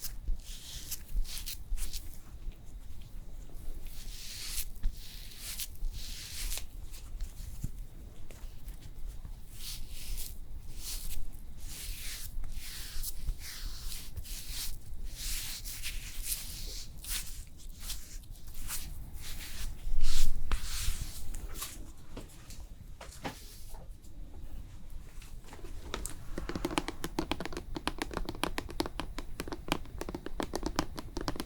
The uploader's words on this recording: ASMR After Sun Facial Care Cooling SPA Treatment (Layered + No Talking).